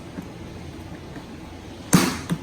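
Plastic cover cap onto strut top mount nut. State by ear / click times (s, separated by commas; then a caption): seated / 1.9 s, 2.3 s. Small plastic protective covers are pressed by hand over the strut top mount nuts on a Fiat 500 fitted with Neuspeed lowering springs and Koni struts and shocks, to keep the nuts from rusting. After a low, quiet background, two sharp snaps sound at 1.9 s and 2.3 s, the first louder than the second. The covers snap into place and are seated.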